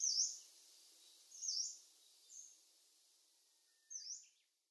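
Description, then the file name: Sakhalin leaf warbler uttering four high, thin, swooping notes at irregular intervals. Nagasaki, 3 May 2021. "karafutomushi nagasaki kuroda"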